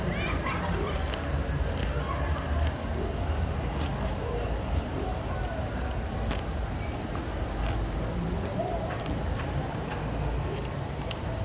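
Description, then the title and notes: Horse grazing: several sharp cropping clicks over a low rumble and a steady high tone. "Um cavalo pastando a noite num terreno baldio. Data: 01/07/2017 Horário: 19:19"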